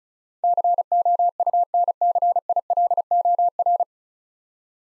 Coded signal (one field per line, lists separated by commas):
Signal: Morse code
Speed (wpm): 34 wpm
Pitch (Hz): 700 Hz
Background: none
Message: COUNCILOR